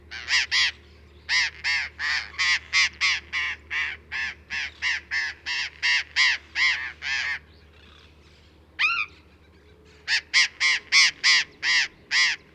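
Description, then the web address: Burrowing parrot calls: a long run of loud, harsh, raspy screeches at about three per second, a brief pause with one rising squawk, then the series resumes. "parrots cyanoliseus-patagonus"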